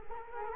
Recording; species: mosquito wingbeat signal from an infrared sensor; Culex quinquefasciatus